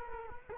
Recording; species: mosquito wingbeat signal from an infrared sensor; Culex quinquefasciatus